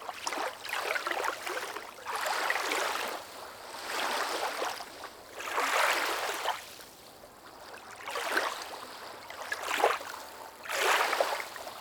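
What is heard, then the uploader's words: Small waves wash against a pier in regular rushing swells about every two to three seconds, bright and hissy, with quiet gaps between. Small Waves on the Pier. These calming, small waves come up to meet the pier.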